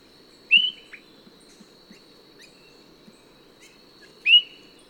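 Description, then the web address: Swainson's thrush calls: two loud, short whistled notes with a slight downward tail, nearly four seconds apart, over a steady high drone. Recorded in Ecuador. "S America Birds of Ecuador. Swainson's Thrush"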